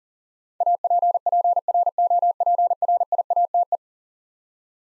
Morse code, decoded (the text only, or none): APPROPRIATE